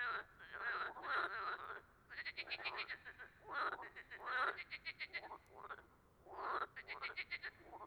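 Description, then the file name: Frogs in chorus, overlapping croaking bursts and rapid pulsed trills, continuous with brief lulls. Amphibians calling at a tuilerie (tile works) on 18 March 2017. "2017-03-18 tuilerie chant amphibiens grenouilles"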